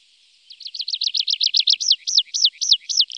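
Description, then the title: Tree pipit singing a quick trill of repeated notes that slows into a run of louder, looping whistled notes, each about a quarter second apart. Recorded in Germany, Austria or Switzerland. "European Songbird Songs Calls Europäische Singvögel. Baumpieper"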